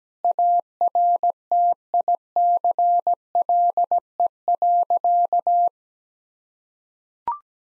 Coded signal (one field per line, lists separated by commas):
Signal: Morse code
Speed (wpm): 17 wpm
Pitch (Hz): 700 Hz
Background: none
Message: ARTICLE.